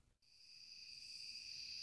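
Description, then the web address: Curve-tailed bush katydid singing a steady, high, continuous buzzing hiss that grows slightly louder. "The Songs of Insects 50 Curve-tailed Bush Katydid"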